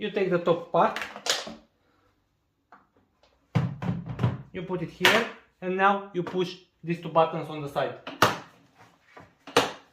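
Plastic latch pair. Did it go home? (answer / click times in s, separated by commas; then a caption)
yes / 8.2 s, 9.6 s. A Kärcher WD3 wet/dry vacuum's plastic top part (motor head) is placed on its container and the two side latch buttons are pushed while someone talks. Two loud snaps ring out at 8.2 s and 9.6 s as the latches click shut and the head seats on the container.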